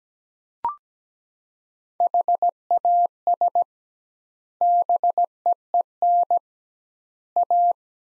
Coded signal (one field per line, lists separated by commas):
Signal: Morse code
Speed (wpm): 17 wpm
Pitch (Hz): 700 Hz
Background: none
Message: HAS BEEN A